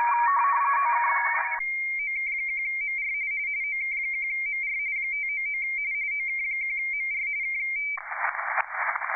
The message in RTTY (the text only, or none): OK1MR OK1MR 599 OK1MR K